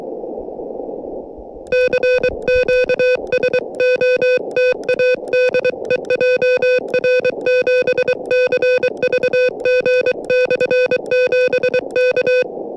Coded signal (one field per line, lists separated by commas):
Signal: Morse code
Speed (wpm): 24 wpm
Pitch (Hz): 500 Hz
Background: music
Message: CQ SOTA DE JR7CVG/7 K